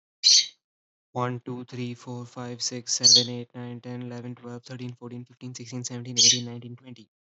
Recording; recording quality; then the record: counting at a fast pace; moderate, slight background noise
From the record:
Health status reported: healthy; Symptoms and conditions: none ticked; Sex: male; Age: 24 years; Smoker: not ticked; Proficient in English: yes